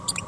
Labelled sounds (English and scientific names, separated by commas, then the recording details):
Green-rumped Parrotlet (Forpus passerinus) babbling
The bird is a female
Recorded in a nest box in Venezuela
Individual 17B42A4